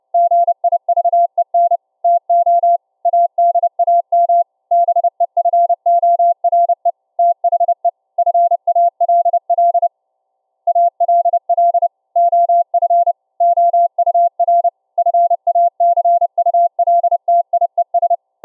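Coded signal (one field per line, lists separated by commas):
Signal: Morse code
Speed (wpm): 31 wpm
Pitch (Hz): 690 Hz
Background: none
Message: GIVEN TO ADAM BEFORE THE FALL ALL OF OUR FACULTIES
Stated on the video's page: 2.6kHz CW from a Raspberry Pi headphone jack into a ferrite rod loop, received by laptop SDR on another loop and converted to 690Hz audio; through-the-earth test.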